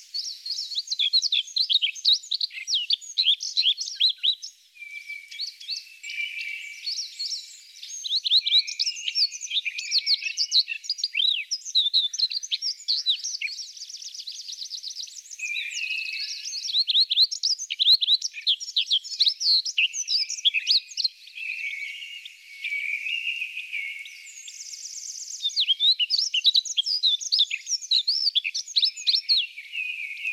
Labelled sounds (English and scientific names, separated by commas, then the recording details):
Himalayan Rubythroat (Luscinia pectoralis) song
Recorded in the wild
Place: Almaty Pik 3400 m, KZ
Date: 2000-05-26
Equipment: MiniDisc Sharp MT 20 H
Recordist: Schwarz, Dieter